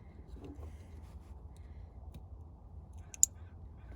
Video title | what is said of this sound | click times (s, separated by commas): Installing Kicker VSS subwoofer for 2015 F-150 | it clicks yeah it's cut | 3.1 s, 3.2 s